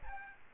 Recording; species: mosquito wingbeat signal from an infrared sensor; Aedes aegypti